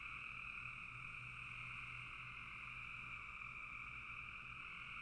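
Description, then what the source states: Many frogs trilling together in a steady, even chorus, with a faint low hum running underneath. Frogs calling in a bog.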